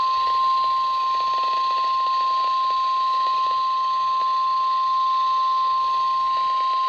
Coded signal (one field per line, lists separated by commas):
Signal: Emergency Alert System (SAME) tones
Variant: 1050 Hz attention tone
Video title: EAS Alerts From 7/11/26: A Compilation (EAS 1305-1315)